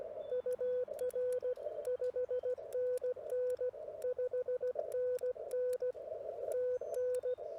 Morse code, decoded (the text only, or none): UR 5NN 5NN TN